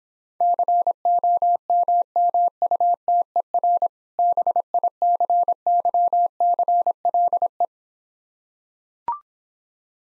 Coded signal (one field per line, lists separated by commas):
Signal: Morse code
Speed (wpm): 26 wpm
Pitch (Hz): 700 Hz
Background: none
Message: COMMUTER BICYCLE